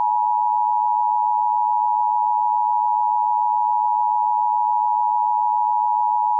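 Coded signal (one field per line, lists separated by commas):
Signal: Emergency Alert System (SAME) tones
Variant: 853 and 960 Hz attention tone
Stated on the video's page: Fictional EAS scenario about a pandemic virus.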